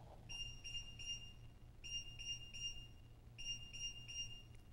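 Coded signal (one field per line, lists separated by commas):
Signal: beep code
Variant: Sargent and Greenleaf 2740B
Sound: three groups of three short high beeps separated by brief pauses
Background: low electrical hum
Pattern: 3-3-3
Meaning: The lock must be calibrated right to zero and left to zero before it will operate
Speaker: and that's the lock telling me that it must be calibrated right to zero and it must be calibrated left to zero before it will perform any operation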